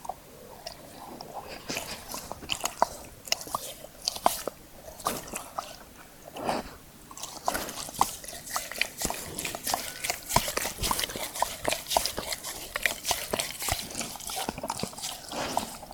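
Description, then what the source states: Dog licking, a long run of wet smacking and slurping clicks, some quick and close together, with short pauses between bursts. Dog licking the recordist's hand.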